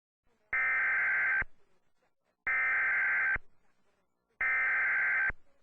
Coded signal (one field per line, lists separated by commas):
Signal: Emergency Alert System (SAME) tones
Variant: header bursts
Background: speech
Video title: EAS warning thunderstorm